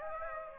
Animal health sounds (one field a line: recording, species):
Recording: mosquito wingbeat signal from an infrared sensor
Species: Aedes aegypti